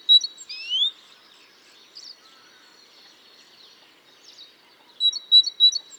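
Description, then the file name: Great tit calls: a rising whistled slur, then sparse faint notes, ending with a quick run of high pulsed notes. "Parus major"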